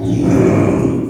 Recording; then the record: squeal of a Yucatan mini pig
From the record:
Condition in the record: after surgery on the right vocal fold (resection and tissue-engineered implant); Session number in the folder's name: 3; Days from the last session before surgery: 33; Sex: male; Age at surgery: 12 weeks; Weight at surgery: 13 kg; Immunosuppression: cyclosporine, prednisolone